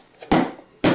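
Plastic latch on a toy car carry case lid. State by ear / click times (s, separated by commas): seated / 0.3 s, 0.8 s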